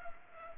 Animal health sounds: mosquito wingbeat signal from an infrared sensor; Culex pipiens

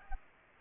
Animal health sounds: mosquito wingbeat signal from an infrared sensor; Aedes aegypti

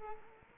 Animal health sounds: mosquito wingbeat signal from an infrared sensor; Culex quinquefasciatus

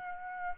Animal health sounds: mosquito wingbeat signal from an infrared sensor; Aedes aegypti

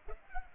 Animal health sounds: mosquito wingbeat signal from an infrared sensor; Culex pipiens

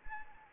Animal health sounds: mosquito wingbeat signal from an infrared sensor; Anopheles arabiensis

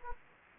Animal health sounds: mosquito wingbeat signal from an infrared sensor; Anopheles gambiae

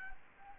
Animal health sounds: mosquito wingbeat signal from an infrared sensor; Anopheles gambiae

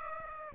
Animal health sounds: mosquito wingbeat signal from an infrared sensor; Aedes aegypti

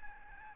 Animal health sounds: mosquito wingbeat signal from an infrared sensor; Aedes albopictus

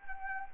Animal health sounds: mosquito wingbeat signal from an infrared sensor; Anopheles arabiensis

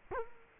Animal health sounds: mosquito wingbeat signal from an infrared sensor; Culex quinquefasciatus

